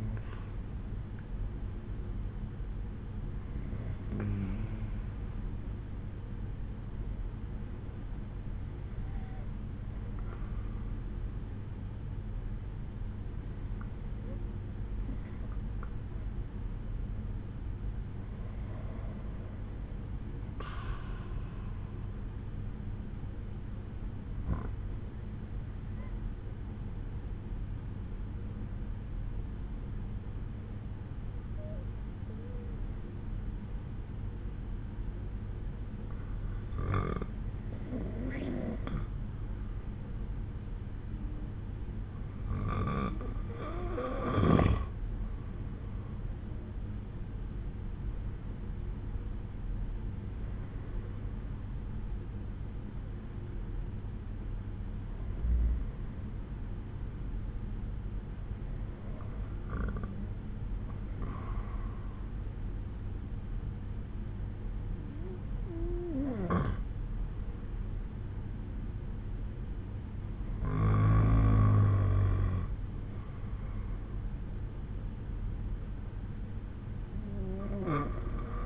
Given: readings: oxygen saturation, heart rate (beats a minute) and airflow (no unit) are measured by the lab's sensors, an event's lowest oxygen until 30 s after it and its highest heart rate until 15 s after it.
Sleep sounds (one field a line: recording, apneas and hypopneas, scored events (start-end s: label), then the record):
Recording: breathing in sleep by a smartphone at the bedside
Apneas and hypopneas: 1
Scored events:
10.00-43.20 s: hypopnea (N2, oxygen 95% highest, then 92% lowest)
From the record:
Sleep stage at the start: N2 (light sleep)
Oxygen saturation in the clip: 90 to 95%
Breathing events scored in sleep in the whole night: 187 in 7.2 hours asleep